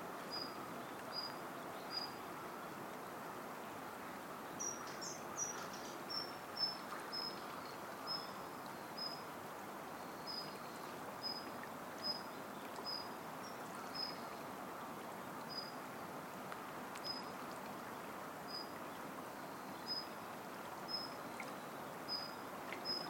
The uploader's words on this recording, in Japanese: 朝陽色に染まる雲といっしょに、ゆったり流れる多摩川のひとときをどうぞ。言葉なし・メロディなしの100%自然音です。